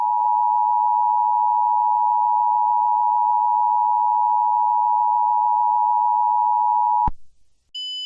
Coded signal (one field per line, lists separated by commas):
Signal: Emergency Alert System (SAME) tones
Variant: 853 and 960 Hz attention tone